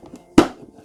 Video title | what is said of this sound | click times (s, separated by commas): Myjka ciśnieniowa Karcher K3 - składanie | zaskoczyło bardzo | 0.4 s